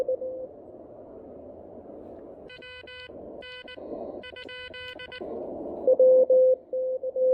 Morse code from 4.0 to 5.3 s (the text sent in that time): ?